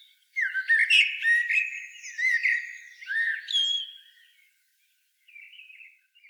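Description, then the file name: Common blackbird singing fluted, warbled phrases mixed with high squeaky twitters over about four seconds, then a brief pause and a faint, softer phrase. "Turdus merula"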